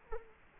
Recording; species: mosquito wingbeat signal from an infrared sensor; Culex quinquefasciatus